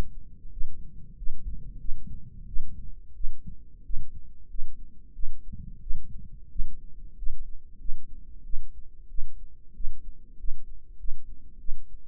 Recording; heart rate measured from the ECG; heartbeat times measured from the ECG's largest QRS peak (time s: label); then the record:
heart sounds by microphone in the right ear; 92 bpm
0.51 s: heartbeat
1.17 s: heartbeat
1.79 s: heartbeat
2.47 s: heartbeat
3.15 s: heartbeat
3.84 s: heartbeat
4.49 s: heartbeat
5.14 s: heartbeat
5.81 s: heartbeat
6.50 s: heartbeat
7.17 s: heartbeat
7.79 s: heartbeat
8.44 s: heartbeat
9.09 s: heartbeat
9.75 s: heartbeat
10.38 s: heartbeat
10.98 s: heartbeat
11.59 s: heartbeat
From the record:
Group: healthy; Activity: rest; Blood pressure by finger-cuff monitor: 123/79 mmHg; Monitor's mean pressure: 90 mmHg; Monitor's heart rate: 91 bpm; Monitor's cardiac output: 7 L/min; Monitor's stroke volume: 77 mL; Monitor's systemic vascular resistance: 940 dyn s/cm5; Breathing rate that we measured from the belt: 19 breaths a minute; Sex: female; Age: 22 years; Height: 163 cm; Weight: 67.1 kg